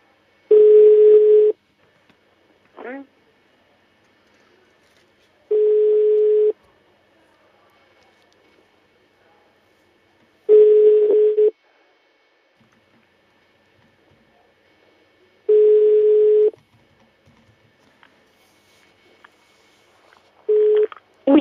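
A steady telephone ringback tone sounds while a call is transferred to voicemail, in repeated bursts of about a second, separated by long silent gaps, with a couple of shorter clicks and blips between them.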